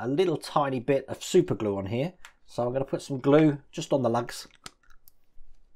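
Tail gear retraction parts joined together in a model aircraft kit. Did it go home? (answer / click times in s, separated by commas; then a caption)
yes / 5.1 s. Someone talks while super glue is put on the lugs of two plastic or metal tail-gear retraction parts from an Agora Models Mitsubishi A6M Zero Fighter scale model kit. The parts are then pressed together onto the glued lugs, and a short, sharp click at 5.1 s shows they have snapped fully home.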